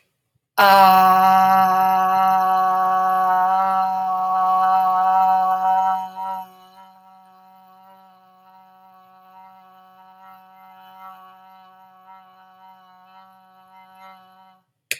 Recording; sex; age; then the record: vowel held as long as possible; female; 50 to 59 years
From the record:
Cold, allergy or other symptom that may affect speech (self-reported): no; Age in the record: 52 years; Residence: Maryland, United States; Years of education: 18